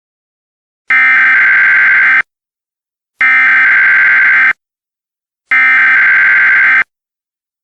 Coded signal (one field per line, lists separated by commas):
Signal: Emergency Alert System (SAME) tones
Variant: header bursts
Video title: EAS Scenario: Absolutely Radioactive Part 1